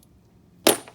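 A click-type torque wrench tightens a spark plug into the cylinder head of a 5.7L HEMI engine (Dodge Charger R/T, Challenger, 300) until the plug's washer crushes and bottoms out. After near silence, the wrench gives one sharp, bright click at 0.7 s, with a softer tick at about 0.9 s. The wrench clicks at its 20 ft-lb setting, so the plug is torqued.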